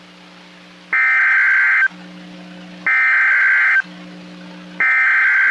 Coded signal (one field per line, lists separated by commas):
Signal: Emergency Alert System (SAME) tones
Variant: header bursts